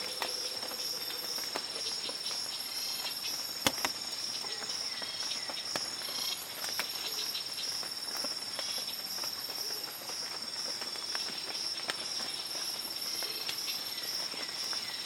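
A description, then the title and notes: A humid rainforest morning is filled with a dense, steady insect chorus, a bright unbroken whine high up that holds through the whole stretch. Scattered short bird calls and chirps come through from a distance, with one sharper click near four seconds. Calm and humid morning in the Amazon rainforest. Distant birdsong, thick insect chorus and occasional frog calls punctuated by the unmistakable call of Motmots.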